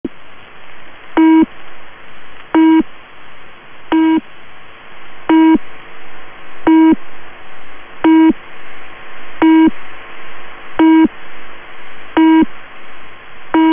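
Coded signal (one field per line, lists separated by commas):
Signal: channel marker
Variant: UVB-76 Low Pip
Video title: [UVB-76] The New "Low Pip" Channel Marker #uvb76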